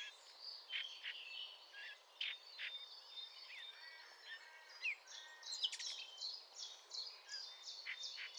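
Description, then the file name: Eurasian blackcap song, bursts of bright warbled and whistled notes in short phrases. "Sylvia atricapilla"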